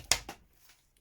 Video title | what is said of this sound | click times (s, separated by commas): WPL Metal Axle Real Time Build - C44KM build Part 1 - Suitable for all WPL models | click you hear it go home | 0.1 s